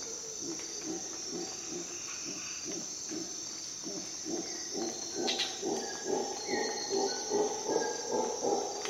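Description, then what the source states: Howler monkey grunts, low pulsing calls growing louder toward the end, with a strong insect drone and a few bird whistles. At dawn in the jungle of Costa Rica.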